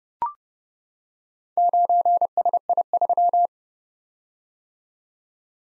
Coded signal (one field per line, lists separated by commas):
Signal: Morse code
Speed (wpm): 30 wpm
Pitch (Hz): 700 Hz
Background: none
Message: 9SI3